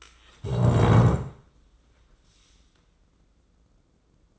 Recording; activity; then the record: daily activity, microphone in the room; stand up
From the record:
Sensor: 3